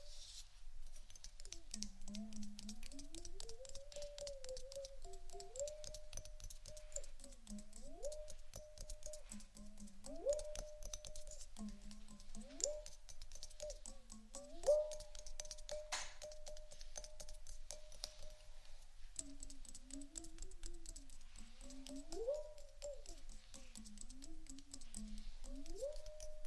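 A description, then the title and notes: Two kinds of tapping run steadily through the whole stretch, a dense patter of quick, sharp ticks and fainter clicks. Beneath them a low whining tone rises and falls in repeated swoops every two to three seconds, holding briefly at its higher pitch. ASMR 2 Types Of Tapping（No Talking）.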